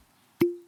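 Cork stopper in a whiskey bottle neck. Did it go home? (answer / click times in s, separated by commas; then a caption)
released / 0.4 s. A cork stopper is pulled from the neck of an already-opened whiskey bottle, releasing a single sharp, loud pop at 0.4 s. A short ringing tone follows and fades by the end of the clip. The cork comes free with a pop, as confirmed.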